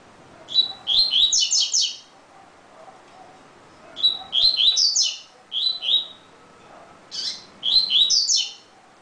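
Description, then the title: Double-collared seedeater delivering quick phrases of high, slurred whistles, one phrase near the start and a cluster of three later. "Canto Coleiro"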